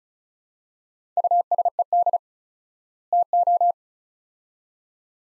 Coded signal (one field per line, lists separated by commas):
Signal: Morse code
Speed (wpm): 34 wpm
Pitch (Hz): 700 Hz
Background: none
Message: USED TO